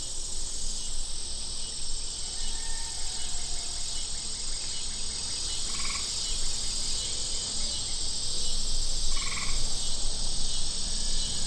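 Cicada song: a continuous high buzzing drone held throughout, with a couple of brief other notes and low background rumble.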